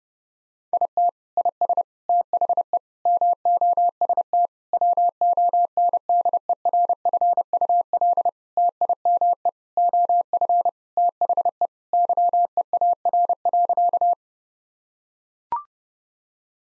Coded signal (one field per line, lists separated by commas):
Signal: Morse code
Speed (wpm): 32 wpm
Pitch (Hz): 700 Hz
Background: none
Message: IT IS THE MOST WONDERFUL TIME OF THE YEAR.